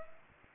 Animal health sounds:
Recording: mosquito wingbeat signal from an infrared sensor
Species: Aedes aegypti

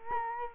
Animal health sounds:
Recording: mosquito wingbeat signal from an infrared sensor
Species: Culex quinquefasciatus

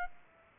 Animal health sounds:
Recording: mosquito wingbeat signal from an infrared sensor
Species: Aedes aegypti

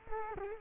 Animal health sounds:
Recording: mosquito wingbeat signal from an infrared sensor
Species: Culex quinquefasciatus

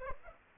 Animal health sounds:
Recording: mosquito wingbeat signal from an infrared sensor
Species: Aedes aegypti

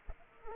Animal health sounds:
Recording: mosquito wingbeat signal from an infrared sensor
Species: Culex pipiens

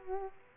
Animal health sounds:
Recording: mosquito wingbeat signal from an infrared sensor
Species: Culex quinquefasciatus

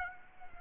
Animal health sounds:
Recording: mosquito wingbeat signal from an infrared sensor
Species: Aedes aegypti

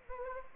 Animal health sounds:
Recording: mosquito wingbeat signal from an infrared sensor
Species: Anopheles gambiae

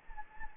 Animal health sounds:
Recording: mosquito wingbeat signal from an infrared sensor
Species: Anopheles gambiae

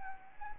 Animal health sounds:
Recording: mosquito wingbeat signal from an infrared sensor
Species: Anopheles gambiae

